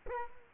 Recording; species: mosquito wingbeat signal from an infrared sensor; Culex quinquefasciatus